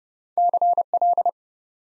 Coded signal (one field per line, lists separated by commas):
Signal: Morse code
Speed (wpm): 29 wpm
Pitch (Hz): 700 Hz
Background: none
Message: CL